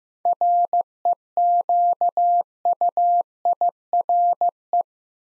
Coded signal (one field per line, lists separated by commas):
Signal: Morse code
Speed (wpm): 15 wpm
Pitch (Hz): 700 Hz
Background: none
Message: REQUIRE